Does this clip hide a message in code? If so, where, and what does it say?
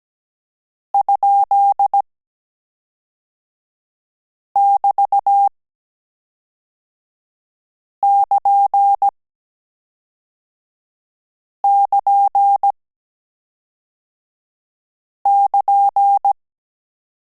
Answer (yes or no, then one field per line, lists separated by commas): yes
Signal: Morse code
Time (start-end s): 0.9-16.3 s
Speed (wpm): 17 wpm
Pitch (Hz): 800 Hz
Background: none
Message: ?<BT><KN><KN><KN>